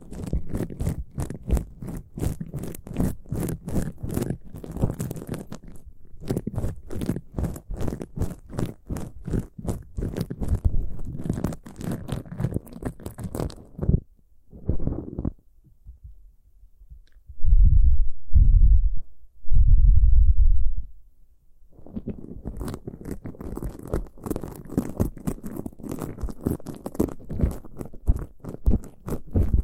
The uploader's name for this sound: pure ear picking, heartbeat simulation